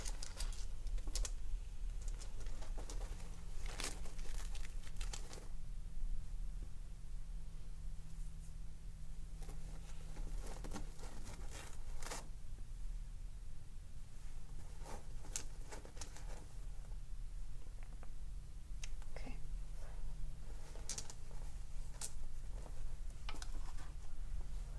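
Clothes rustling and soft handling sounds play over a steady low hum, with short sharp clicks and brushing bursts every second or two. A cluster of brighter taps comes near the start, around four to five seconds, and again later, with quieter rubbing between.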